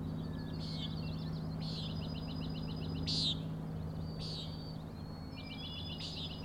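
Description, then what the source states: Common nighthawk giving several buzzy peents, one notably louder, amid busy pulsed trilling and a strong low hum. Three birds flying in close formation, following each other, near a 410 ft overlook on Schoodic Head, Acadia National Park, Winter Harbor, Maine; 4am, 06/16/17; peenting and rattling noise.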